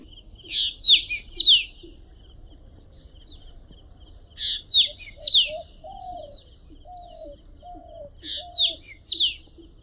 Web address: Black Drongo